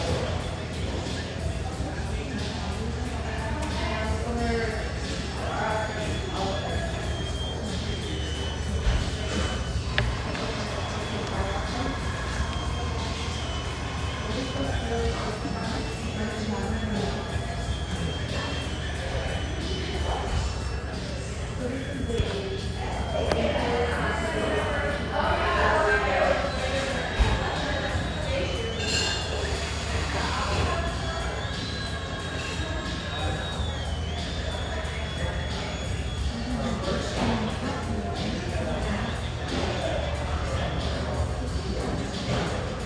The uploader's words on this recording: South Waterfront, Portland, Oregon. Musical, upbeat vibe of this café with a view, located in a high rise.